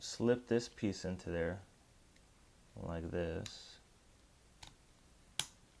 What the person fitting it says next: that snaps into place and now it's like a belt clip